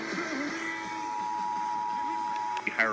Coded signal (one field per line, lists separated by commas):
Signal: Emergency Alert System (SAME) tones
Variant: 853 and 960 Hz attention tone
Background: speech